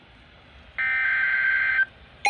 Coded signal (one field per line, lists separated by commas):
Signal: Emergency Alert System (SAME) tones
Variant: header bursts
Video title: EAS Severe Thunderstorm Warning recorded on WXL70 and relayed on WLNK 107.9 - 7/27/2025